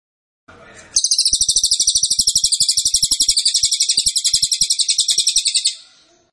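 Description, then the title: Cililin: brief low noise, then cililin song: a long, rapid trill of bright, high notes repeated steadily for nearly five seconds. Cililin song, used to teach songbirds. "Cililin AMPUH. Masteran Burung cililin masteran sang juara"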